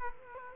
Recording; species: mosquito wingbeat signal from an infrared sensor; Culex quinquefasciatus